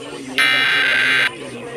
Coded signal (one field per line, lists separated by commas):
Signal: Emergency Alert System (SAME) tones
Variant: header bursts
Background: speech